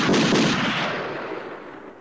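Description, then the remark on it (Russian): A loud burst of pistol fire into a crowd of rebels, several rapid shots blurring into one booming report that slowly rumbles away over about two seconds, with no voices. “Я стреляю в толпу бунтовщиков.”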